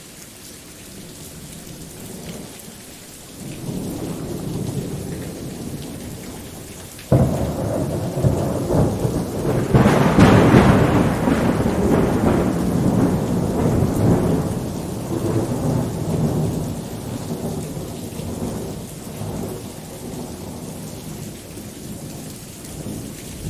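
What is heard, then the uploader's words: Distant thunder rumbles low and long, swelling sharply near seven seconds and peaking around ten before slowly fading, with rain hissing throughout. The distant rumble of thunder. Calming thunder sounds.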